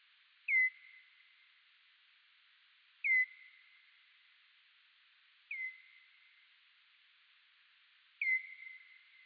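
Pipistrelle calls, four sharp downward-sweeping chirps, each trailing off into a short steady tone, spaced about two to three seconds apart over a quiet background.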